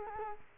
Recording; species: mosquito wingbeat signal from an infrared sensor; Culex quinquefasciatus